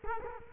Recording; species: mosquito wingbeat signal from an infrared sensor; Culex quinquefasciatus